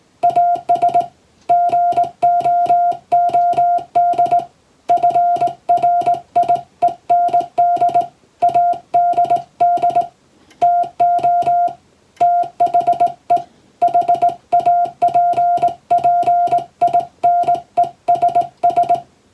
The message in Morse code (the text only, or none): AS GOOD FRIEND ADD TO THE HAPPINESS